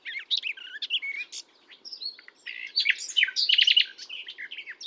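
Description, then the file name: Common nightingale song: a dense, jumbled run of varied chirps, whistles and clicks delivered in quick succession with barely any pause. "Luscinia megarhynchos"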